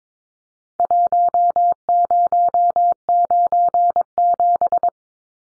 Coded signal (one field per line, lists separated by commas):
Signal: Morse code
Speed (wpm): 22 wpm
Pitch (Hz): 700 Hz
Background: none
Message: 1097